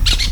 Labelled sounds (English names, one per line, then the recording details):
Brown-throated Parakeet contact call
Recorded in Venezuela
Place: PN Cerro Saroche, Tierras del Sr. Polo, Edo. Lara
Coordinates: 10.171, -69.518